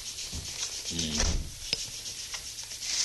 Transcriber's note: door closes